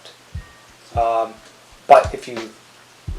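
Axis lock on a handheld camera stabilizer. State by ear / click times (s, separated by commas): not seated / none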